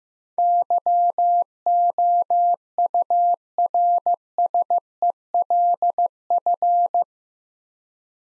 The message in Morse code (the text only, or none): YOURSELF